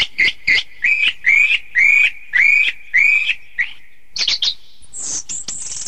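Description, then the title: Thrush song of rich whistled notes repeated about twice a second, each slightly rising, then a few quick chirps and a thin hissing high sound at the end. "Suara Burung Anis"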